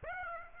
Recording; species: mosquito wingbeat signal from an infrared sensor; Aedes aegypti